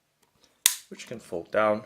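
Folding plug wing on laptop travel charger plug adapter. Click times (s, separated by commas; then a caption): 0.7 s. A folding plug wing on the plug adapter of a COOLHOPPE 60W L-Tip MagSafe travel charger for 2006–2012 Apple MacBook Pro is folded down and snaps into position with a sharp, loud click at 0.7 s. Someone talks just after the click, and the wing is seated.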